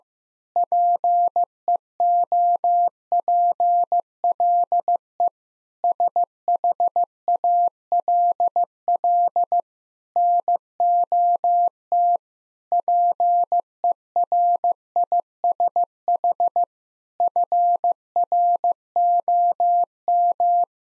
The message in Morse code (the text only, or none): PEOPLE SHALL NOT PERISH FROM